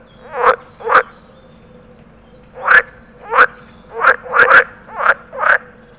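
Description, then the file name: Water frog gives short harsh croaking bursts, two early, then a pause and a rapid cluster of several more rasping croaks. Territorial call. "groene kikker territoriumroep"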